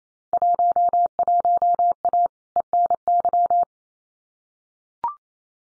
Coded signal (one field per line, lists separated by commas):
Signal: Morse code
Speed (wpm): 28 wpm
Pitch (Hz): 700 Hz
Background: none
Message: 11A ENY